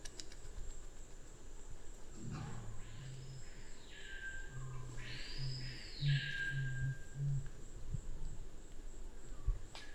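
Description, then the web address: Black curassow giving very deep, booming hums in a stuttered series, over steady forest noise with insect hiss. "Black curassow. صدای-پرنده-کاکل-فری-سیاه"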